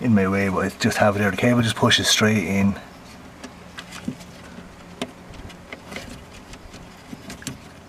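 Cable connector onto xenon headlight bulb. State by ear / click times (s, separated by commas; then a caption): not seated / none. Someone talks for the first few seconds while handling the cable connector for the xenon low beam (dip) bulb in the headlight housing of a BMW 6 Series E63/E64, about to push it straight onto the bulb. Quiet handling follows, with small sharp ticks around 5.0, 5.7, 6.0, 7.4 and 7.5 seconds. Nothing has seated or clicked yet; the connector is not yet home.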